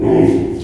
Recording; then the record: squeal of a Yucatan mini pig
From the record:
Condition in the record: before surgery on the right vocal fold (resection and tissue-engineered implant); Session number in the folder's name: 2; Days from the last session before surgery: -15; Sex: female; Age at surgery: 19 weeks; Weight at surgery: 25 kg